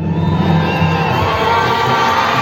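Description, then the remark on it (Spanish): A large crowd in Ecuador applauds and cheers during a speech by Leonidas Iza after an agreement was reached, in a steady, dense roar of clapping and voices that stays loud and unbroken throughout, with no single speaker standing out. “Un fuerte aplauso.”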